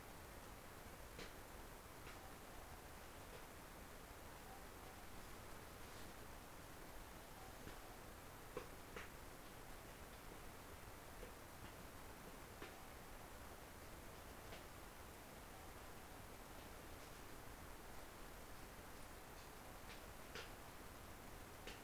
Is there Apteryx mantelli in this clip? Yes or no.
no